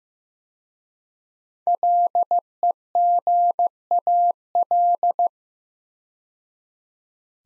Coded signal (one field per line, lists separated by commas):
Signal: Morse code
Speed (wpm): 15 wpm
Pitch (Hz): 700 Hz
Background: none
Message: LEGAL